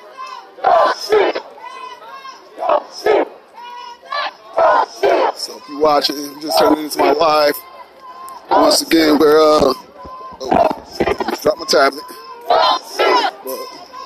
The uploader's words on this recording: Niagara Square Protest in Downtown Buffalo. Protest in response to Police Brutality in the City of Buffalo.